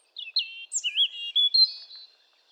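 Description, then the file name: European robin delivering a high, liquid phrase of looping whistled notes that dip and rise, with a brief sharp upper note and a lingering thin whistle at the end. "Erithacus rubecula"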